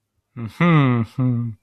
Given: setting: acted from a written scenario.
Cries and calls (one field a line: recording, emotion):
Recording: vocal sound without words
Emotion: pride